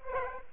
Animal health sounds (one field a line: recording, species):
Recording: mosquito wingbeat signal from an infrared sensor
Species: Aedes aegypti